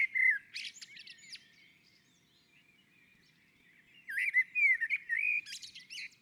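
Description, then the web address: Common blackbird giving a brief warbled phrase, then a pause before a richer fluting phrase with a twittered finish. On a roof. "Naturinspelningar Koltrast på taket"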